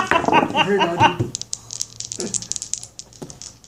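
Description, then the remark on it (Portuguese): A voice speaks briefly, then a run of quick, light, irregular clicks and taps follows, like a computer mouse clicking on a thumbnail and keys being typed, fairly soft and crisp. “Cliquei na miniatura aqui.”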